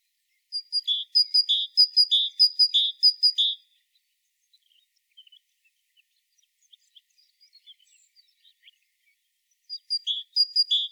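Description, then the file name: Great tit giving a high, bright phrase of thin upper notes and a lower, fuller note, repeated rapidly for about three seconds, then a quiet pause before resuming. "Parus major"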